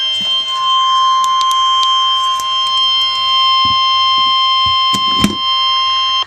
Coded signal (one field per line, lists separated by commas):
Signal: Emergency Alert System (SAME) tones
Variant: 1050 Hz attention tone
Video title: Tornado Watch #511 (EAS #284)